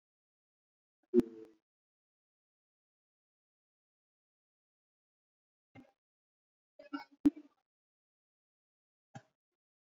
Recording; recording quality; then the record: sustained vowel as in boot; poor, much background noise or distortion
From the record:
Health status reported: healthy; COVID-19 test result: negative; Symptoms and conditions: none ticked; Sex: male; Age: 33 years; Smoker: not ticked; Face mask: worn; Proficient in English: yes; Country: India